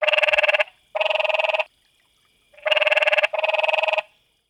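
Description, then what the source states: Canyon treefrog calling with four rapid pulsed rattling bursts, each under a second, given in two closely spaced pairs with a short pause between pairs. Recorded in Arizona.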